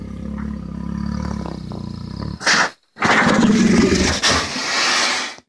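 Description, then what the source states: Grizzly bear vocalizing: a low, rumbling harmonic growl for about two seconds, then a harsh, noisy roar after a brief pause. Recorded on 20 May 2016 with an Android device.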